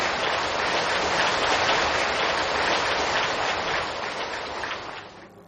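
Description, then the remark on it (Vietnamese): A long, steady round of applause from a large crowd at a Buddhist ceremony at Diệu Mỹ pagoda in Vĩnh Long province, Vietnam, celebrating the appointment of the pagoda's abbot; dense overlapping clapping holds at full strength for several seconds before tapering off at the end. “Đề nghị đạo tràng kính mời cho một tràng vỗ tay dài đặc lớn để chúc mừng cho sự kiện trọng đại này.”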